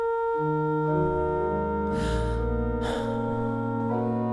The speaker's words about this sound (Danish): jeg bliver nødt til at sætte noget sørgemusik på. Okay. Og det gør jeg her.